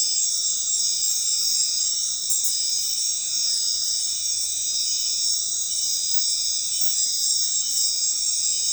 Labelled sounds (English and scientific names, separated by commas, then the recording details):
none
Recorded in dense forest near Puerto Asís, Putumayo, Colombia, on 21 February 2024 at 23:30
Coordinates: 0.502, -76.326
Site G6460